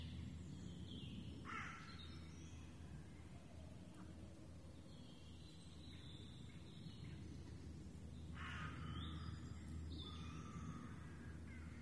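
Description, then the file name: Raven giving a few scattered harsh caws, one early and a couple later, with a continuous low hum and faint bird notes. Ravens, more than one, in the Forêt de Rambouillet, recorded 24 May 2015. "Ravens in Foret de Rambouillet"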